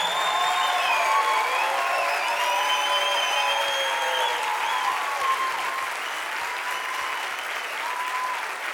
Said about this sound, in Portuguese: Salva de palmas aos músicos que me acompanham hoje.